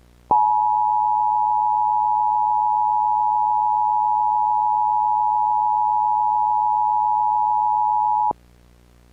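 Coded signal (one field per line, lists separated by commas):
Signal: Emergency Alert System (SAME) tones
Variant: 853 and 960 Hz attention tone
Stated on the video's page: Fictional EAS scenario.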